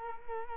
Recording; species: mosquito wingbeat signal from an infrared sensor; Culex quinquefasciatus